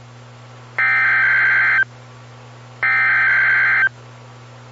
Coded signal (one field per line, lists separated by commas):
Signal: Emergency Alert System (SAME) tones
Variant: header bursts